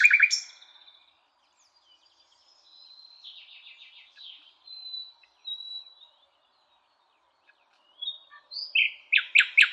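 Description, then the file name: Common nightingale song: a loud buzzy chirp, then thin high whistles and soft warbles, ending in a fast run of sharp repeated notes. "Luscinia megarhynchos"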